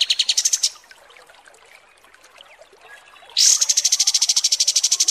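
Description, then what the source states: Kapas tembak song: a high pulsed rattle, nearly three seconds of quiet, then a loud sustained very high rapid trill. Masteran training recording of kapas tembak song.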